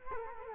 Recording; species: mosquito wingbeat signal from an infrared sensor; Culex quinquefasciatus